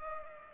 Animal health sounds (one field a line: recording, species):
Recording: mosquito wingbeat signal from an infrared sensor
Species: Culex pipiens